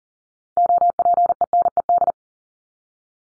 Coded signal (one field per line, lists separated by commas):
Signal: Morse code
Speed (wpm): 40 wpm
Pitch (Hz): 700 Hz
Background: none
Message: OPENED